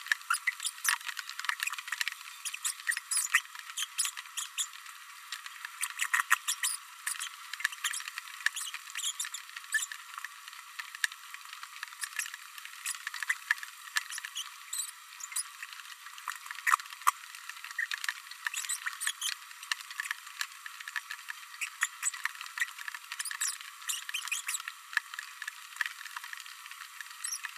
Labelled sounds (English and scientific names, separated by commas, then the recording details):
Green-rumped Parrotlet (Forpus passerinus) babbling
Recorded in a nest box in Venezuela
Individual 18B104A3